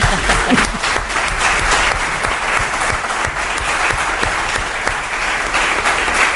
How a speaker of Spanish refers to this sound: Te aplaude